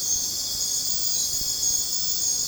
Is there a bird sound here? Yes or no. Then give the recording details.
no. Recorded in dense forest near Puerto Asís, Putumayo, Colombia, on 20 December 2024 at 22:30. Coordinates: 0.466, -76.327. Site G075